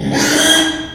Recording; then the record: squeal of a Yucatan mini pig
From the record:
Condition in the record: after surgery on the right vocal fold (resection and tissue-engineered implant); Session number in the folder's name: 3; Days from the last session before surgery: 33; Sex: male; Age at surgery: 12 weeks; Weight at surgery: 13 kg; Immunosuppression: cyclosporine, prednisolone